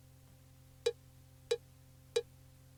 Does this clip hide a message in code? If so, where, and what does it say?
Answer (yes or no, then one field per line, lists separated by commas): no